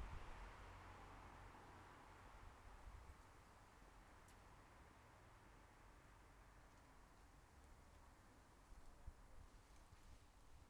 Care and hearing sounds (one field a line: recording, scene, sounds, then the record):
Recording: everyday scene through a hearing-aid microphone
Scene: in traffic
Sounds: traffic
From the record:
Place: bus stop on a city main road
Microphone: behind the ear, left, rear